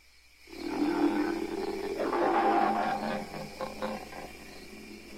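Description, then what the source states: Ape screaming, a prolonged rough scream starting after a brief silence, rising and wavering before tailing off into growly sounds. Several apes, long angry screaming and growling.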